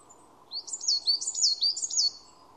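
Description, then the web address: Bird calling with a rapid string of high chirps lasting about a second and a half. "cianscape birddata Deverinetal 2025"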